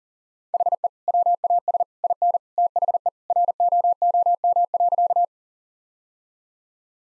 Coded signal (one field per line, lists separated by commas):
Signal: Morse code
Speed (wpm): 40 wpm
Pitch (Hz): 700 Hz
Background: none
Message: HE WAS IN THE ROOM.